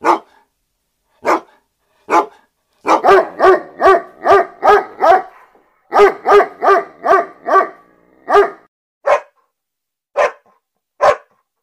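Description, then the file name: German Shepherd: dog barking, a few spaced single barks, then two fast runs of many barks, trailing off into separate barks again. "Tieng cho becgie sua"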